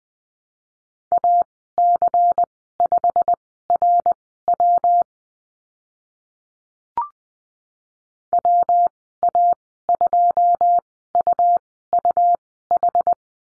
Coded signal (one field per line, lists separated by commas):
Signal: Morse code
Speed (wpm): 20 wpm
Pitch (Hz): 700 Hz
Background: none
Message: AC5RW WA2UUH